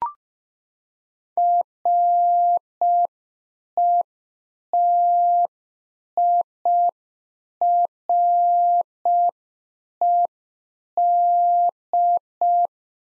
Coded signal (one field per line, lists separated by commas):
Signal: Morse code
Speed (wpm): 5 wpm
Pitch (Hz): 700 Hz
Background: none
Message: RETIRED